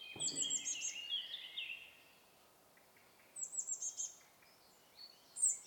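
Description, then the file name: European robin, quiet high warbling phrases with thin trills over a steady background hiss, a pause between two bursts. "Erithacus rubecula"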